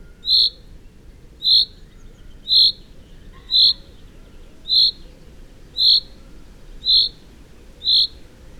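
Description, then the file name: Common chaffinch giving short, bright single-note calls, evenly repeated about once a second, eight in a row over a low steady background hiss. "Fringilla coelebs"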